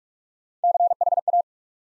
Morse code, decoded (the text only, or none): CHA